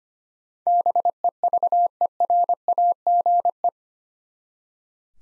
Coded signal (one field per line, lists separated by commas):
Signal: Morse code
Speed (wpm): 25 wpm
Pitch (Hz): 700 Hz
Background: none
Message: BEVERAGE